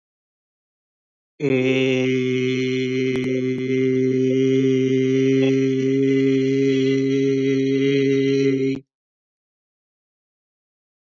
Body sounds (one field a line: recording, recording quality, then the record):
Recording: sustained vowel as in made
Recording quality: excellent, no background noise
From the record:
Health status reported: healthy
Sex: male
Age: 31 years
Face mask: not worn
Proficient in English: yes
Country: India